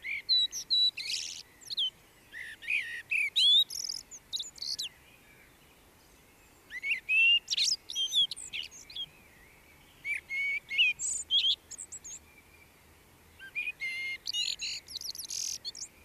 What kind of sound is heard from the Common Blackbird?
song